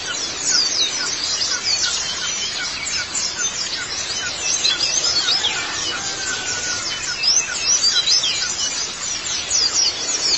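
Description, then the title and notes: White-eye song, steady high, thin twittering with quick downslurred chirps and brief trills over a soft background hiss. "Kicauan Burung Pleci Durasi Panjang. Suara kicauan burung pleci"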